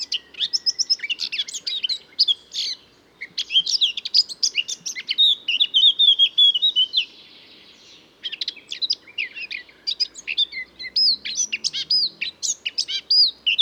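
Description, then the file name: Bird song, a long run of varied high chirps, trills and slurred whistles with no repeated phrase, pausing briefly near eight seconds. Recorded on Mallorca; song described as lacking repeated motifs. "Mallorca song without repeated motifs"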